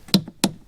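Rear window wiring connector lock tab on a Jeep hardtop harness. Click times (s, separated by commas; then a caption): 0.1 s, 0.4 s. The red plastic or metal locking tab on the rear-window electrical connector of a Jeep hardtop harness is slid all the way to the right to unlock it. Two sharp clicks are heard at 0.1 s and 0.4 s as the tab clicks open, releasing the connector lock.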